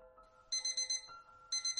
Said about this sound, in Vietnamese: Tiếng chuông báo thức vang lên